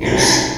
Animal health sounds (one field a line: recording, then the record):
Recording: squeal of a Yucatan mini pig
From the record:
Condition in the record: before surgery on the right vocal fold (resection and tissue-engineered implant)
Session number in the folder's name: 1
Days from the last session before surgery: -3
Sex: male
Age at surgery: 12 weeks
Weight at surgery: 13 kg